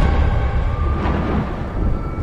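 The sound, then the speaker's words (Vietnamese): Rolling thunder fills the air, a loud, deep rumble that holds steady for a couple of seconds with a slight swell near the end, no voices present. “Một tiếng sét vang rền khiến cả khung trời chao đảo.”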